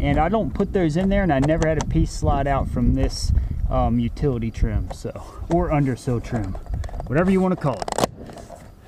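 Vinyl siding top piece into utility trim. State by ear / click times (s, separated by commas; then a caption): not seated / none. Someone talks while handling the top piece of vinyl siding at the utility (undersill) trim, before it is pushed up so the snap-block lugs catch. Nothing has seated or clicked yet.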